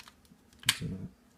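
The ribbon cable connector of an electronic keypad lock on a bedroom door is routed through the door hole and pushed into its socket on the interior lock unit. A loud, sharp snap sounds at 0.7 s, followed by a short low rumble of handling. The connection is only partly confirmed, so it is unclear whether the connector seated fully.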